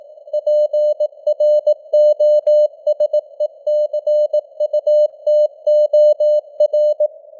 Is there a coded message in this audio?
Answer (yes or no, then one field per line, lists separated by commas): yes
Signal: Morse code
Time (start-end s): 0.3-7.1 s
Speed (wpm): 18 wpm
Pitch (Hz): 600 Hz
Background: none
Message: PROSECUTOR